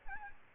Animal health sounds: mosquito wingbeat signal from an infrared sensor; Aedes albopictus

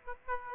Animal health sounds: mosquito wingbeat signal from an infrared sensor; Aedes aegypti

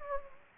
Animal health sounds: mosquito wingbeat signal from an infrared sensor; Anopheles gambiae

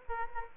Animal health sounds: mosquito wingbeat signal from an infrared sensor; Aedes aegypti

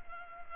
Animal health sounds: mosquito wingbeat signal from an infrared sensor; Culex pipiens

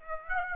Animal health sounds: mosquito wingbeat signal from an infrared sensor; Aedes aegypti

